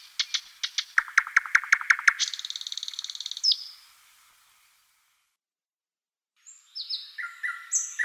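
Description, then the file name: Thrush nightingale song opening with spaced clicks that speed into a rattling trill and a buzzy churr, then silence and a few high whistled notes. "solovey obyknovennyy golos"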